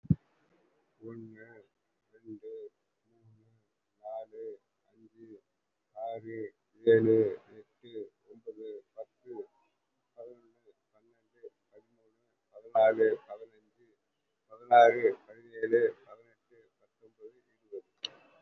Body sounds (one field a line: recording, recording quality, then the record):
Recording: counting at a normal pace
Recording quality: excellent, no background noise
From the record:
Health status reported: COVID-19 positive, moderate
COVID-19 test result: positive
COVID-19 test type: RT-PCR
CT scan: not taken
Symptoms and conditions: cough, sore throat, fever, fatigue, muscle pain, loss of smell and taste, diabetes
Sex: male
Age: 69 years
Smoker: no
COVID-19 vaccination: both doses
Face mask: worn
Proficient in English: yes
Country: India